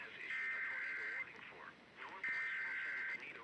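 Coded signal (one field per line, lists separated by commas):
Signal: Emergency Alert System (SAME) tones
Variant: header bursts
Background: speech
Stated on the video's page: Alerts including tornado warnings from Hanford and Salt Lake City weather offices during a cold-front event.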